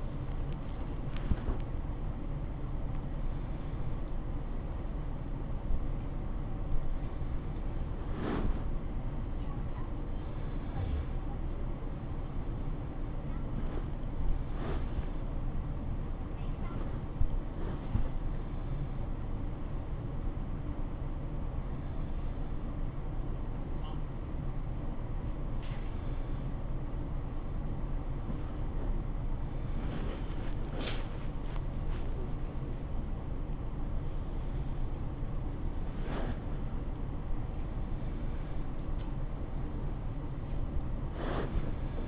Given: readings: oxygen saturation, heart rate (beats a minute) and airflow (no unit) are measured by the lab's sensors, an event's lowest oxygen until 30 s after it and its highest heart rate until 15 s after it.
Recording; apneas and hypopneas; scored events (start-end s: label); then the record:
a person awake in a sleep study, by a smartphone at the bedside; none
0.00-42.08 s: awake
From the record:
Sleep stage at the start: awake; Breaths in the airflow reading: 21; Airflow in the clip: -0.7 to 0.7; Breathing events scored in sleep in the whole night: 403 in 5.5 hours asleep